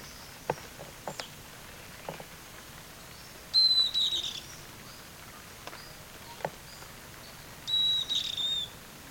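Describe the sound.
Bird calls: two thin, high, slightly falling whistles about four seconds apart, with scattered faint clicks and ticks between them.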